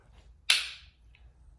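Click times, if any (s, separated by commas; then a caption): 0.5 s. The two halves of a metal jig-pouring mold, loaded with hooks and a wire keeper, are closed together and snap shut with a sharp, bright click at 0.5 s that rings briefly before fading. A much fainter tick follows at about 1.1 s. The snap means the mold is properly closed and aligned.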